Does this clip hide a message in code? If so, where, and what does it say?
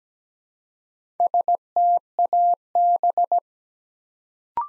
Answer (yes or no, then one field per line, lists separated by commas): yes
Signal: Morse code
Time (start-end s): 1.2-3.4 s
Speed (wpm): 17 wpm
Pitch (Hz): 700 Hz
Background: none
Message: STAB